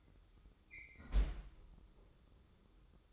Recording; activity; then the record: daily activity, microphone in the room; close fridge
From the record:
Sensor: 3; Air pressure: 995.3 hPa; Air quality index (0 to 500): 77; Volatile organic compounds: 5 ppm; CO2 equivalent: 1820 ppm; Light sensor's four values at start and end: 18/54/23/19 and 18/53/22/19